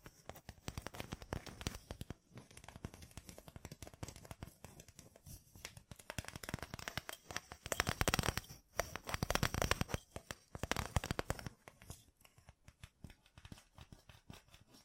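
Fingertips covered in gems tap and scratch in a dense, continuous run of quick, crisp clicks and rasps. The clatter swells in busier bursts around the middle and again near twelve seconds, with brief lulls between, and the sound stays bright and brittle throughout.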